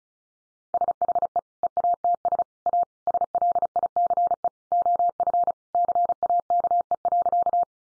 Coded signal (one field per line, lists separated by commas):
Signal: Morse code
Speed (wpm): 34 wpm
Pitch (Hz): 700 Hz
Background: none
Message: SHE EATS A SLICE OF CAKE.